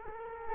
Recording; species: mosquito wingbeat signal from an infrared sensor; Culex quinquefasciatus